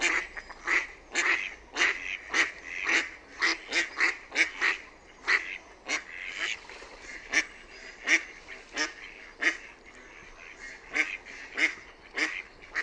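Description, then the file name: Mallard giving a long series of harsh, nasal quacks, about two per second, uneven in spacing and loudness throughout. "SINISORSA"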